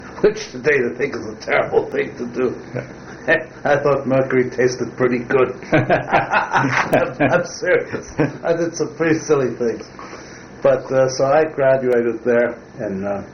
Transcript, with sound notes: which today, I think, is a terrible thing to do. I thought mercury tasted pretty good. [laughter] I'm serious! I did some pretty silly things. So I graduated there in